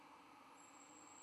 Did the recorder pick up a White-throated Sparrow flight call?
no